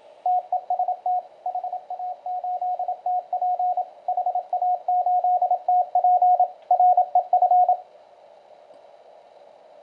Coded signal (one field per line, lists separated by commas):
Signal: Morse code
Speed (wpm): 28 wpm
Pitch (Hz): 720 Hz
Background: radio noise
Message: TEST HA8TP HA8TP REF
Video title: Elecraft K1 CW Qrp Transceiver Kit, Operating on 15 meters